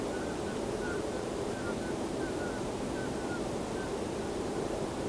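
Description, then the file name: Common scoter: a series of short, soft whistled notes at one steady pitch over a constant roar of wind or water. "fekete rece hangja"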